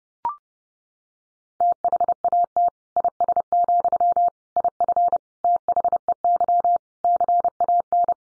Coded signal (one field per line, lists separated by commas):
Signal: Morse code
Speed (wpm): 30 wpm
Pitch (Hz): 700 Hz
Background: none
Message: THAT IS, IF THEY CAN